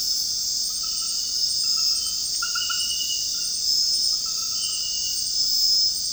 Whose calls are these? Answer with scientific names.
none